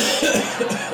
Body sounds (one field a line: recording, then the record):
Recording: coughing mixed with background sound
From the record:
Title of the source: Spring Cold Coughing.